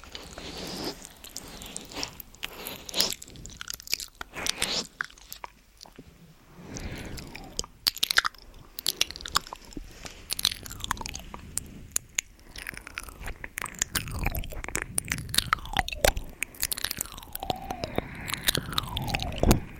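Wet mouth sounds fill the clip: dense smacks, clicks and crunchy chewing noises crowding together with little pause. The bursts come quickly and irregularly, with a quieter stretch around five to seven seconds, then build again, with squelchy sliding tones late on.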